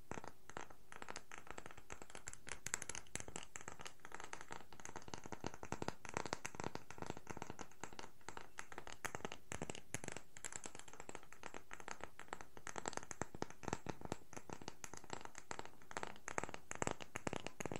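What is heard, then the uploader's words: Wooden objects tap and scratch against each other in a quick, dense clatter that runs without pause for the whole stretch. The clicks are crisp and bright, with slightly louder flurries coming and going. ASMR No Talking Wooden Objects Tapping and Scratching.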